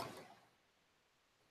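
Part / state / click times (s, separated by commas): small helicopter battery into its charger / not seated / none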